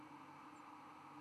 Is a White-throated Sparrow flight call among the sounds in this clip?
no